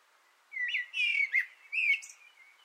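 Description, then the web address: Common blackbird delivering a brief song phrase: clear whistled notes, a quick downward slur, then a squeaky high flourish. Singing from an antenna, recorded 6 June 2025. "sammel Naturinspelningar Koltrast på antennen 2025 06 06"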